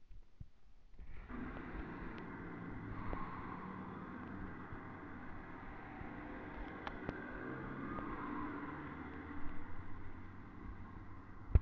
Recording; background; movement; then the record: deep breathing; traffic; sitting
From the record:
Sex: male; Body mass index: 21.0 kg/m2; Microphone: on the chest, facing the body